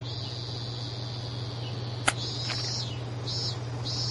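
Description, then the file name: Cicada buzzing in high, steady bursts: one long drone, then shorter pulses, over a constant low hum, with one sharp click midway. "cigarra"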